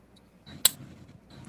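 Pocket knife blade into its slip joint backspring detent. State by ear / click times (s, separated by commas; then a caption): seated / 0.6 s. An ABW slip joint pocket knife's blade is opened or closed so it snaps into its detent against the backspring, giving one sharp, bright snap at 0.7 s over a low, quiet background. Faint small ticks come near 0.2 s and 1.5 s. The blade seats with a very snappy, great-sounding click.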